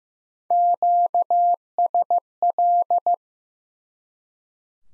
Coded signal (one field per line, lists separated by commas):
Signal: Morse code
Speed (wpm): 15 wpm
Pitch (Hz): 700 Hz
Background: none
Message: QSL